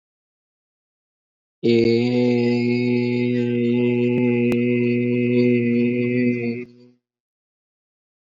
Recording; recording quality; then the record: sustained vowel as in made; excellent, no background noise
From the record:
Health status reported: exposed to COVID-19, no respiratory illness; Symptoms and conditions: cough, sore throat, fatigue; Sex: male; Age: 25 years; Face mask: not worn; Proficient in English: yes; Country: India